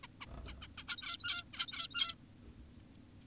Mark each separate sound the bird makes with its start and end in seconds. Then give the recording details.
0.04-0.07, 0.21-0.26, 0.48-0.54, 0.62-0.68, 0.78-0.84, 0.88-1.44, 1.54-2.15. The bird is an adult. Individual g17y2U